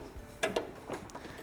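A portable HOTTAP Nomad hot water unit is pushed down into its mounting stand and gives a sharp click at 0.4 s, followed by a second, softer click at 0.6 s and a faint tick near 1.1 s. The unit is seated and secured in the stand.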